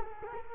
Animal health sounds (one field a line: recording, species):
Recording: mosquito wingbeat signal from an infrared sensor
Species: Culex quinquefasciatus